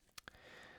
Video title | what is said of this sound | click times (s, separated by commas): Pequignet Concorde Titanium 4K Watch Review | the left hand side first snapshot with a nice positive click and then the right hand portion overlaps | 0.2 s, 0.3 s